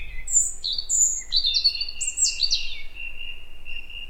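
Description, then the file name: European robin song: a varied run of thin high whistles and trills, notes leaping between high and lower pitches, over a low background rumble. "Erithacus rubecula"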